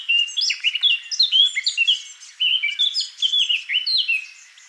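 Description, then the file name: Eurasian blackcap song, a continuous loud stream of rich, fluting warbled notes with repeated sliding whistles throughout. "Sylvia atricapilla"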